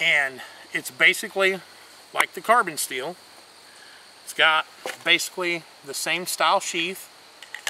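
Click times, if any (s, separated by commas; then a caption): none. Someone talks while handling a stainless steel Mora bushcraft knife and its molded sheath, with the blade going toward the sheath. A few short, faint ticks come right at the end, around 7.4, 7.6 and 7.7 seconds, but the knife has not yet snapped home in the sheath.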